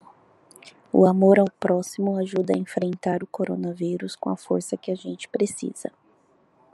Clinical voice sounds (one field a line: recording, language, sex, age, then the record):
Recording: spoken sentence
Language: Brazilian Portuguese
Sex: female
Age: 20 to 29 years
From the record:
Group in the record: control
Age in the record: 25 years